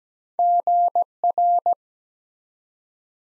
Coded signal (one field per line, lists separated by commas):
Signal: Morse code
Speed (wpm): 17 wpm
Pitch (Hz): 700 Hz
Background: none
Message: GR